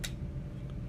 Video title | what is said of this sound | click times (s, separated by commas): Joe Rogan’s Hoyt Carbon RX1 custom Nock On build | does take some pressure to come off and clicks on nice hear the click | 0.1 s